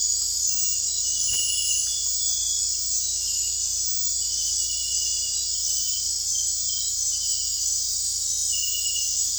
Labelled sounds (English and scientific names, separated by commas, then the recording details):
none
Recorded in dense forest near Puerto Asís, Putumayo, Colombia, on 16 December 2024 at 21:30
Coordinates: 0.466, -76.327
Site G075